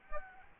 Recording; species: mosquito wingbeat signal from an infrared sensor; Aedes albopictus